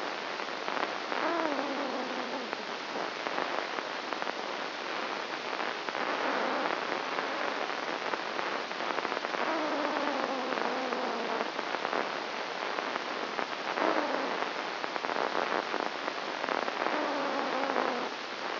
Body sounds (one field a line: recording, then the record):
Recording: brain microelectrode recording played as sound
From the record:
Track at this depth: inside the subthalamic nucleus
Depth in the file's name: 0.956 mm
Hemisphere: left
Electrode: 1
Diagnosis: Parkinson's disease